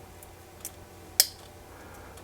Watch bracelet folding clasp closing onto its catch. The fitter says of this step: Snaps into place nice and snugly.